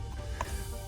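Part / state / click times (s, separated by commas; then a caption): cabin air filter cover into the housing behind the glove box / seated / 0.4 s. A plastic cabin air filter cover on a 2014 Subaru Impreza is pushed in on the left and right sides into its housing behind the glove box. A single sharp click at 0.4 s stands out over a steady low hum. The cover is seated.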